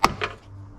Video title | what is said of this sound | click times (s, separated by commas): Nightmare Car - E class Front End Straighten and Build | click in and hold the radiator in place so that is the upper slam panel | 0.0 s